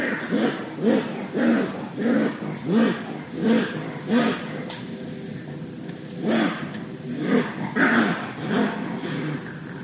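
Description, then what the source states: Raccoon calls, a rapid series of short harmonic notes, with a brief pause midway before the series resumes. Recorded on 4 June 2011.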